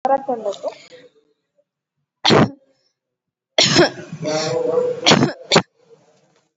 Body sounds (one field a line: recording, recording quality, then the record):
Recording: heavy voluntary cough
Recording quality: moderate, slight background noise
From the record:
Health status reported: COVID-19 positive, no symptoms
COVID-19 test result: positive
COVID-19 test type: RT-PCR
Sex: female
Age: 22 years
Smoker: no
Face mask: not worn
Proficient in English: yes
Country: India